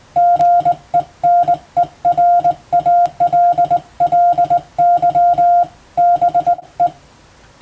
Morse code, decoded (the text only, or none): GENERALLY BE